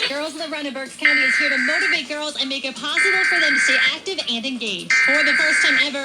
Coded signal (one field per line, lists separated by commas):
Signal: Emergency Alert System (SAME) tones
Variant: header bursts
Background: speech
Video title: EAS: Pennsylvania Required Monthly Tests (and one RWT fail)(9/17/20)(EAS #476-484)